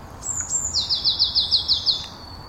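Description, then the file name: Eurasian blue tit: a couple of thin, very high introductory notes followed by a fast, even trill of repeated buzzy elements lasting about a second. "Cyanistes caeruleus"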